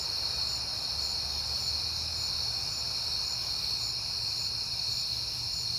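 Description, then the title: Cricket chorus, a constant shrill trill that never pauses, over a soft low hum. Crickets recorded on a peaceful night in September. "Night Time: Crickets and Passing Cars"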